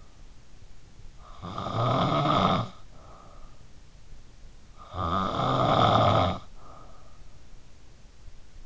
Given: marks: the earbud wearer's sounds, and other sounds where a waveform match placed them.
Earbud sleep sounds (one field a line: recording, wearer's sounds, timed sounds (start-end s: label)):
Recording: sounds in sleep by an in-ear microphone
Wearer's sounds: snoring breath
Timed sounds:
0.00-8.66 s: snoring breath